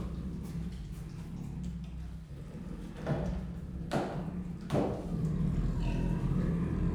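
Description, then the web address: Siberian tiger giving a continuous low growl, broken by a few sharp thuds between three and five seconds. Growling and rasping while eating; recorded at Miskolc Zoo in 2018. "allathangok miskolcizoo 2018 professzionalis sziberiai tigris morogvahorogveesznek miskolczoo"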